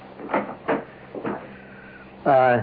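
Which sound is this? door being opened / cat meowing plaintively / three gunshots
door being opened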